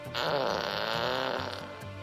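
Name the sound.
fart sound effect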